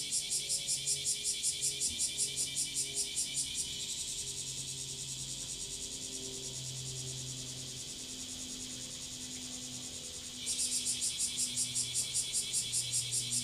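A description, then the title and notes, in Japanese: Garden cicadas buzz in rapid regular pulses, settle into a steady shrill hiss midway, then pulse again above a low droning hum. 洗濯機が止まるまで庭を録ってみた。中盤あたりから騒がしくなります(セミのせい)。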